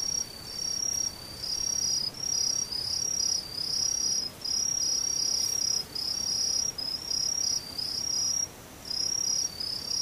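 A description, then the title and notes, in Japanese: Insects chirring in the daytime, a high, bright trill made of long buzzing phrases separated by brief gaps roughly every second. The pulsing is steady and dense throughout, over a faint low rustle in the background. ムシ昼。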